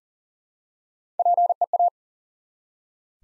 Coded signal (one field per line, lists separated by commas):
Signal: Morse code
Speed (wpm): 38 wpm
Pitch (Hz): 700 Hz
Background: none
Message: PEA